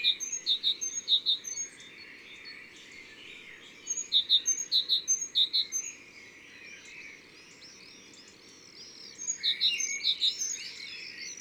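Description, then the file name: Great tit singing sharp see-saw phrases in three short bursts, while other birds add swirling whistles in the background. Recorded in the Drôme, France. "Mesange cherbonniere Concerts Naturels de la Drome Studio les Trois Becs"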